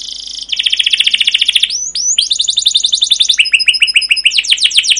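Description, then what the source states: Canary song, continuous and varied: rapid rolling trills switch between buzzy and clear whistled phrases with a brief rising slur midway. Long rolling canary song (masteran), used as a lure to prompt other canaries to sing.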